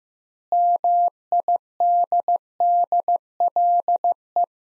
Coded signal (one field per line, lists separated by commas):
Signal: Morse code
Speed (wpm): 15 wpm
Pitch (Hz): 700 Hz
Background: none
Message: MIDDLE